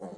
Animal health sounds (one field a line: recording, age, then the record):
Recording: pig call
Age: piglet (1 to 25 days)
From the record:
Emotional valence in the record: negative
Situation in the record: long isolation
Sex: male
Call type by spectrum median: low-frequency call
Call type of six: low-frequency stable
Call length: 0.18 s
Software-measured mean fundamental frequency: 58 Hz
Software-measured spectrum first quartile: 231 Hz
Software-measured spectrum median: 439 Hz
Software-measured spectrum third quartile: 644 Hz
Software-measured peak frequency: 512 Hz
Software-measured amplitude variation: 136 dB a second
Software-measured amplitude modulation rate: 8.5 a second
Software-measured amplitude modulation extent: 16.0 dB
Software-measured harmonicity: 3.5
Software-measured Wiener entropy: -0.12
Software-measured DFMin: 1289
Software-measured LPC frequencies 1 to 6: 514, 1773, 3165, 4322, 6444, 7501 Hz